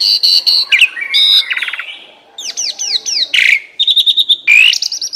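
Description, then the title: Asian pied starling song with repeated high whistled notes, rattling trills and a series of falling slurred whistles. Used to train cage birds that sing too little or are sluggish. "Masteran Jalak Suren Atasi Burung KURANG GACOR Dan LOYO"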